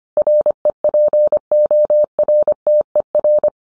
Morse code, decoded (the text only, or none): REPORTER